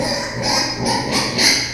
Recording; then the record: squeal of a Yucatan mini pig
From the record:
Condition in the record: before surgery on the right vocal fold (resection and tissue-engineered implant); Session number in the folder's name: 2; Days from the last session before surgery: 0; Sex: male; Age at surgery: 12 weeks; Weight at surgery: 13 kg